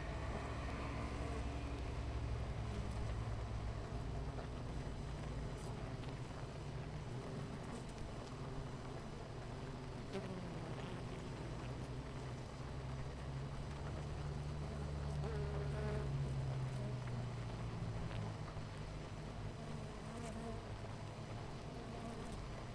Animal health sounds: honeybee colony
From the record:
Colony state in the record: missing queen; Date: 14 July 2017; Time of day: 9:47

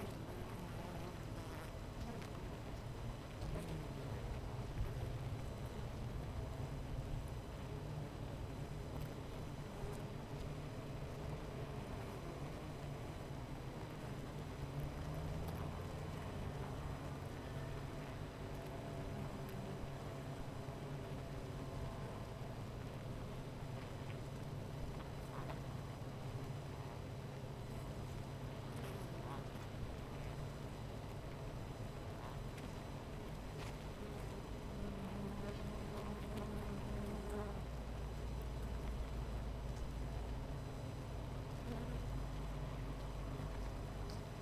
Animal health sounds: honeybee colony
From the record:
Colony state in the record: missing queen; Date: 14 July 2017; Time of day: 10:47

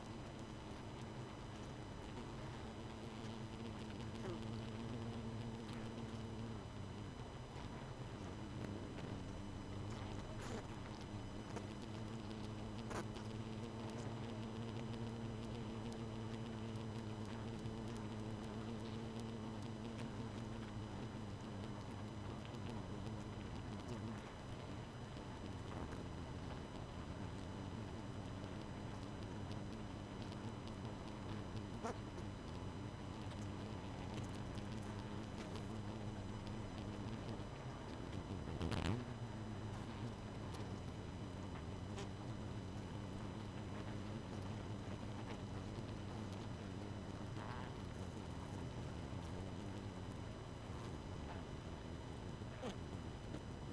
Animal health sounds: honeybee colony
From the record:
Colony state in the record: missing queen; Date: 31 May 2018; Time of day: 22:31

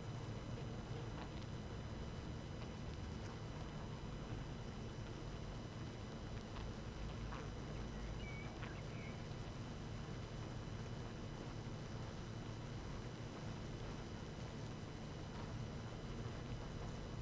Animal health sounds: honeybee colony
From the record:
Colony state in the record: active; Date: 12 June 2018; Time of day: 19:01

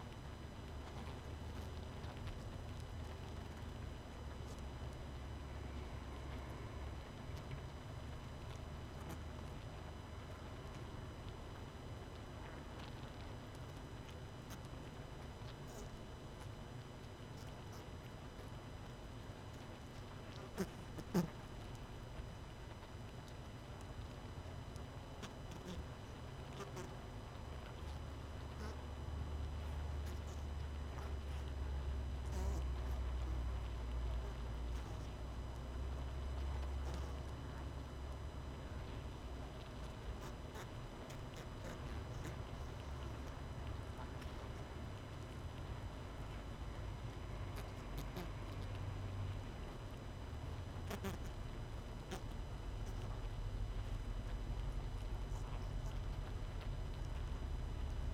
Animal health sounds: honeybee colony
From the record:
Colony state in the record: missing queen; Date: 31 May 2018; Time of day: 20:56

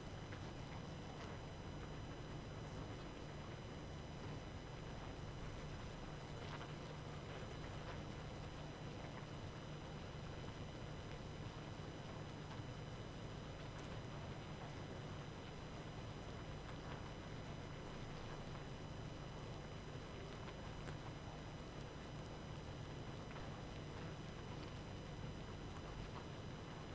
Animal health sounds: honeybee colony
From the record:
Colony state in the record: active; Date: 12 June 2018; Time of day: 23:34

